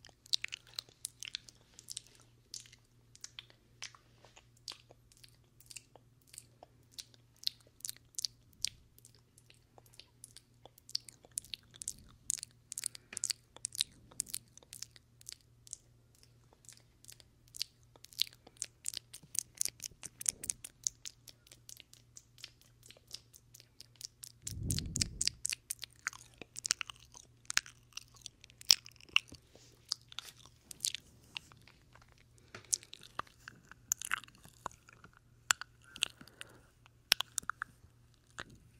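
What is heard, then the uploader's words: Wet mouth and kissing sounds, a steady stream of quick smacks, clicks and crunchy, chewing-like noises that grow denser after about twenty seconds. A brief low thump lands near twenty-five seconds, and a faint low hum runs underneath throughout. Wet Mouth and Kissing Sounds. No talking.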